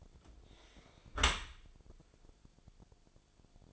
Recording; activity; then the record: daily activity, microphone in the room; close dishwasher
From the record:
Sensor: 5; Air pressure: 1000.6 hPa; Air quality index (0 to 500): 148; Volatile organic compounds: 2 ppm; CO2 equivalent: 1139 ppm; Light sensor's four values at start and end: 40/92/39/43 and 40/92/39/43